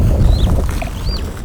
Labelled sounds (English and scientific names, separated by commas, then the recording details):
Superb Starling (Lamprotornis superbus) flight call
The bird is a female
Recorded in Kenya on 23 April 2009 at 15:01
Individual 84, of group SRB1